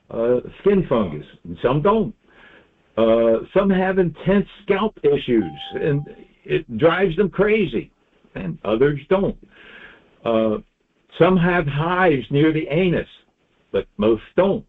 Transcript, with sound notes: skin fungus, and some don't. Uh, some have intense scalp issues (phone chimes) and it drives them crazy, and others don't. Uh, some have hives near the anus, but most don't.